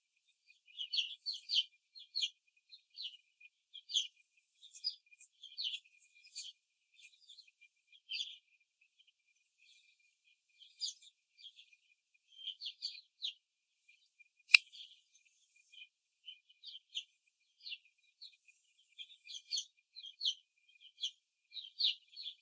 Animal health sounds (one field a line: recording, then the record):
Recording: young laying hens in a cage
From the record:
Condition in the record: after the stressor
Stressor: simulated dog barking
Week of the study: 2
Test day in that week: 2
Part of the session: 2